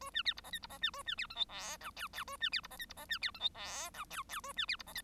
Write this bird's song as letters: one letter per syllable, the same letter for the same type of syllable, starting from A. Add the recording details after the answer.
A B C D E F D E B A B C G H I J K K A B C D E F D E B C G H I J K K A B C D E F. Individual Bird1